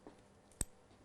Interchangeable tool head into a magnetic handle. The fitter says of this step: because it's actually magnetic so as we put it in you can hear the click